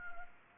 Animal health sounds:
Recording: mosquito wingbeat signal from an infrared sensor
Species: Anopheles arabiensis

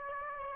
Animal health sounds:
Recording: mosquito wingbeat signal from an infrared sensor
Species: Aedes aegypti

